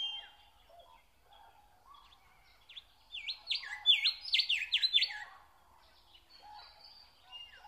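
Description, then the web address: Nightingale song: quiet notes, then a loud two-second burst of rich, rapidly repeated whistles, fading back to soft notes. Singing in spring. "spiew slowika wiosna"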